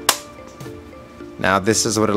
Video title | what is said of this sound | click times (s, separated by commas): SUPCASE UNICORN BEETLE CASE INSTALLATION REVIEW (GENERIC OTTER BOX)$12.99 | throw it in there and then let it clip now | 0.1 s